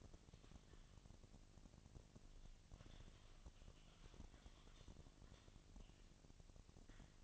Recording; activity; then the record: daily activity, microphone in the room; typing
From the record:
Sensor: 4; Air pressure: 1000.0 hPa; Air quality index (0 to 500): 230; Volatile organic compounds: 30 ppm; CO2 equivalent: 2967 ppm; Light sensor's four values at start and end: 9/21/8/8 and 9/21/8/8